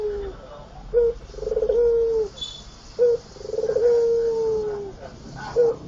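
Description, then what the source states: Barbary dove giving its coo, a brief sharp opening note then a rolling, drawn-out coo that sinks slightly at the end, repeated a few times. Tutor song for training songbirds; white dove.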